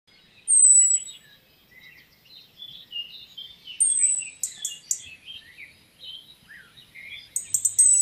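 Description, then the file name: European robin gives thin, high whistles that dip slightly, and later short bursts of hard ticking notes, with quieter twittering throughout. "Erithacus rubecula"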